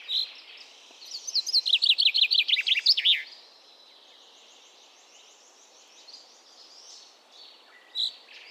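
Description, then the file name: Common chaffinch song: a sharp single call note, then one brisk trill of repeated notes that drops in pitch and ends with a flourish, followed much later by one more sharp single call note. "Fringilla coelebs"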